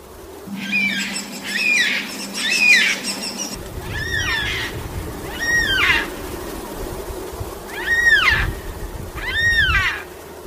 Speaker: I'll play you the call of a yellow-tailed black cockatoo to take us in.